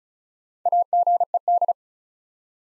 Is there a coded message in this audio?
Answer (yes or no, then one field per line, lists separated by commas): yes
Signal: Morse code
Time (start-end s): 0.7-1.7 s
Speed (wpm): 36 wpm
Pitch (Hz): 700 Hz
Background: none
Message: AGED